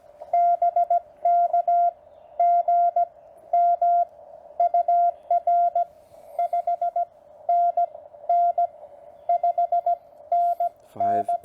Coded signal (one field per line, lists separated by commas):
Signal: Morse code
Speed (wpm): 17 wpm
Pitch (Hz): 700 Hz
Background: none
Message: BK GM UR 5NN 5NN